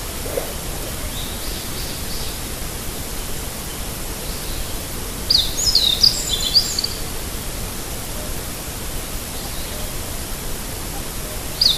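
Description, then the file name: Meadow bunting song: a short burst of bright, high twittering notes midway, then a single high note at the end, with steady hiss throughout. "hojiro"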